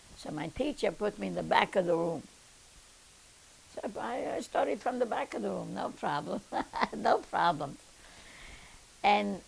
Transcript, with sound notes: So my teacher put me in the back of the room, so I studied from the back of the room. No problem. ( she laughs ) No problem. And